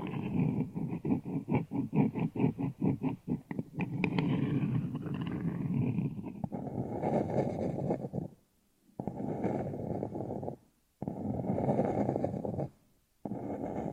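Ear cleaning sounds begin with a rapid run of soft tapping for about four seconds, then shift to a dense, muffled scratching and rubbing that fills the low and middle range. The scratching cuts out abruptly several times near the end, leaving brief silences.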